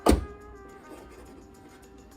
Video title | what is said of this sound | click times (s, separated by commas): Part 1 - Mastering Art of Bread Making: Perfect Loaf Using Your Bread Machine - Mama Metas Cooking | and I put this little thing here to The Back and You're Gonna Hear It snap | 0.1 s